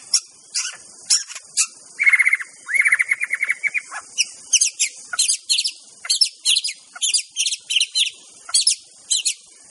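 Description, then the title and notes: White-rumped shama song: high chips, then a fast buzzy trill of repeated notes, then many short, high, piercing chips repeated in quick bursts over a steady hiss. Song recording used as a lure for trapping (pikat). "MB Pikat Jitu.. Suara Mantap. murai batu"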